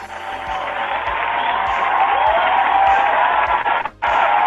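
A canned applause effect: dense, steady clapping from a crowd, loud and unbroken for several seconds, with a brief dip near the end before resuming. No one speaks over it.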